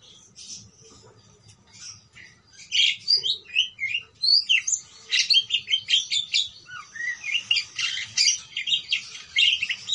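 Parakeet calls: quiet scattered chirps, then a loud, fast warbling chatter of squeaky and whistled notes that keeps going to the end.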